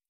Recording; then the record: hydrophone in a shrimp aquaculture tank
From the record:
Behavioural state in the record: stressed